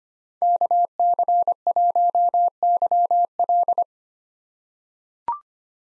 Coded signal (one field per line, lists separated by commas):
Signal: Morse code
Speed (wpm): 25 wpm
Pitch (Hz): 700 Hz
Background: none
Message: KC1YL